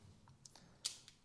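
A removable cartridge battery with a thick rubber gasket is pushed back into the tail of a Magicshine Allty 1500S plastic/aluminium bike front headlight housing. A few faint ticks lead up to one loud, sharp click at 0.9 s, followed by a softer tick. The battery locks in place at 0.9 s.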